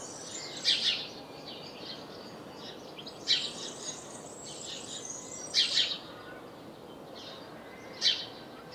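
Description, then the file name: House sparrow calls: bright chirps in quick pairs and singles, spaced a few seconds apart, with soft twittering and a constant hiss behind. "Passer domesticus"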